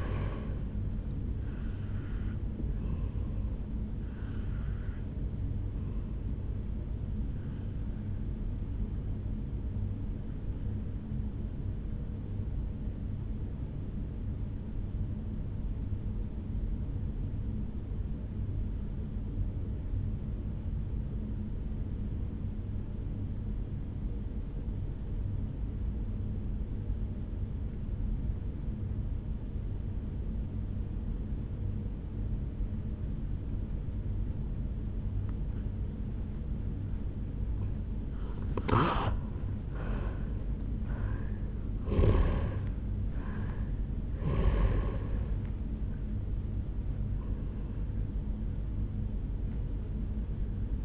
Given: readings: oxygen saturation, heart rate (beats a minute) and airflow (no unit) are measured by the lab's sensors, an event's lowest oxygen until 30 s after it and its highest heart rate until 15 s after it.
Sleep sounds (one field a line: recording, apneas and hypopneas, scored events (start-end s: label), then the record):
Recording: breathing in sleep by a smartphone at the bedside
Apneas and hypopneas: 1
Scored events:
10.00-37.30 s: obstructive apnea (N2, oxygen 97% highest, then 85% lowest, heart rate 57 at the start, 76 highest)
33.00-50.85 s: new sleep stage, N1 (lightest sleep)
From the record:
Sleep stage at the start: N2 (light sleep)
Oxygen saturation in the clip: 84 to 97%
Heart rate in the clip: 55 to 76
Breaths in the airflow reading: 5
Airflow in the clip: -8.8 to 5.7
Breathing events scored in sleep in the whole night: 449 in 7.0 hours asleep